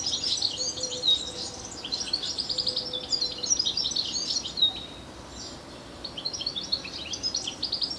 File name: Carduelis carduelis